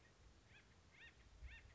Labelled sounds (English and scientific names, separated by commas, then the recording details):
Acorn Woodpecker (Melanerpes formicivorus)
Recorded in Sonoma County, California